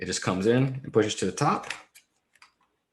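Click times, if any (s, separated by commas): 2.4 s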